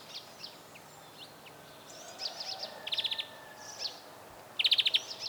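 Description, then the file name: European greenfinch call, two brief rapid trills in the second half, the last louder, after several soft scattered chirps. "Chloris chloris"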